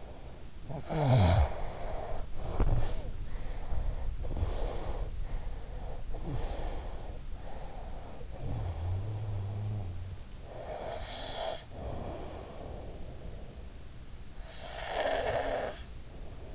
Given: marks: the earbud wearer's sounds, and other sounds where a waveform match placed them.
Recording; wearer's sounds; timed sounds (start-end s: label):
sounds in sleep by an in-ear microphone; snoring breath, breath
0.35-3.38 s: snoring breath
3.38-5.50 s: breath
5.90-8.30 s: breath
8.30-10.24 s: snoring breath
10.24-13.39 s: breath
14.19-16.48 s: snoring breath